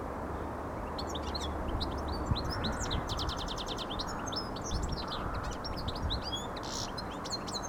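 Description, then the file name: European goldfinch song, a continuous rapid jumble of liquid twitters and short buzzy trills, over constant low background noise. "Carduelis carduelis"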